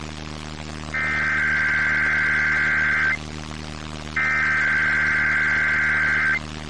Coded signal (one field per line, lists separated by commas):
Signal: Emergency Alert System (SAME) tones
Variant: header bursts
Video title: Albany NY Required Monthly Test (8/9/22)